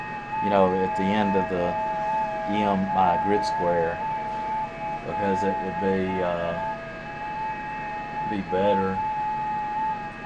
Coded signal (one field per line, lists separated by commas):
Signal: FT8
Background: speech